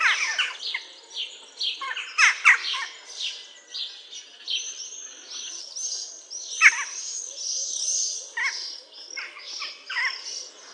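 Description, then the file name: Jackdaw calls: short, sharp, harsh notes at irregular intervals, some overlapping. "KAWKA"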